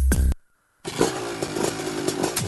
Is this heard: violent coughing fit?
no